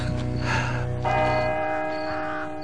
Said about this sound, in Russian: И только когда в церкви стали бить часы, и он вообразил самого себя мертвым, зарытым здесь навеки, то ему показалось, что кто-то смотрит на него.